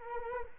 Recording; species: mosquito wingbeat signal from an infrared sensor; Culex quinquefasciatus